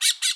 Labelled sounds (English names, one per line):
Brown-throated Parakeet contact call